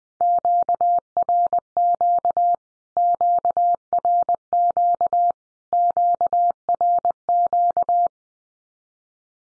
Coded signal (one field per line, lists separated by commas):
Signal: Morse code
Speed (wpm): 20 wpm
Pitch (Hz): 700 Hz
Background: none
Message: QRQ QRQ QRQ